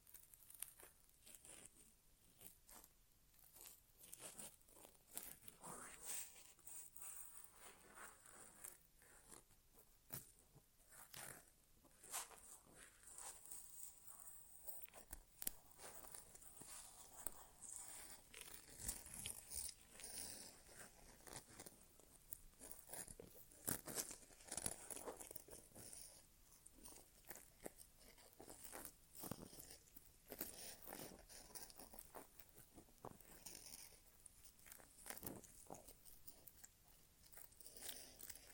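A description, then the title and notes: An ASMR inner ear exam with no talking: dense, irregular crackling and rustling pops fill the whole recording, close to the microphone. The clicks come in quick clustered bursts with brief quieter gaps, bright and crisp, with occasional sharper louder snaps around the middle. ASMR Inner Ear Exam (No Talking).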